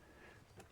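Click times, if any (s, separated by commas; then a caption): 0.6 s. A sealed plastic wiring connector or switch with a small rubber waterproof seal is pushed into the wiring harness of a Nilight 30-inch 120W LED light bar. A short, sharp click rises above a quiet, steady background at 0.6 s as it seats in place.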